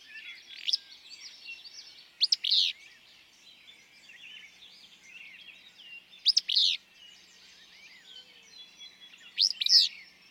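Willow flycatcher repeating a short, sneezy, buzzy phrase roughly every three to four seconds while assorted birds chatter softly behind.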